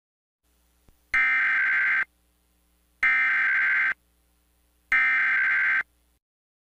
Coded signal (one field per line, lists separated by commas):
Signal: Emergency Alert System (SAME) tones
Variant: header bursts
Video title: EAS Mini Video - Fitness Gram Curl-Up Test - EASy Plus Required Monthly Test Mock (May 4, 2022)